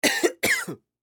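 Two short coughs from an adult man, each a harsh burst with broad noise that fades quickly, about 0.4 seconds apart.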